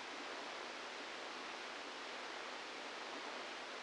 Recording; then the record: brain microelectrode recording played as sound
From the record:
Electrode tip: outside the subthalamic nucleus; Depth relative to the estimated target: 3 mm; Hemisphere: left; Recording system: NeuroSet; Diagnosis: Parkinson's disease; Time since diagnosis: 17 years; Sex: male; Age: 64 years